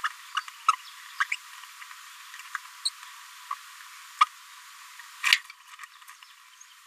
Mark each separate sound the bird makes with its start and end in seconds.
0.03-0.08, 0.68-0.72, 1.20-1.24, 1.32-1.36, 2.55-2.57, 2.85-2.90, 3.50-3.54, 4.20-4.26